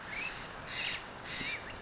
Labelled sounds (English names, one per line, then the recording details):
Steller's Jay
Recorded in Sonoma County, California